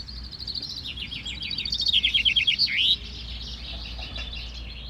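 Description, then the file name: Common chaffinch song: one quickening trilled phrase that accelerates and ends in a sharp falling flourish near three seconds, followed by faint twitters. "vink kort"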